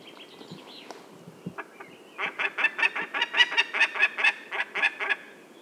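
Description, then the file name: Peregrine falcon: a few faint scratchy sounds at first, then a burst of many loud, rasping cackle notes in quick succession. "vandorsolyom hangja"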